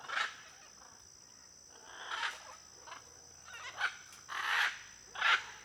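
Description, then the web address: Blue-and-yellow macaws squawking repeatedly, coarse loud shrieks, some drawn out, set against steady insect trilling. Flock of macaws in an area with many palm trees, with crickets audible. "Conjunto de Araras em Area de Muitas Palmeiras e ruidos de grilo. arara caninde"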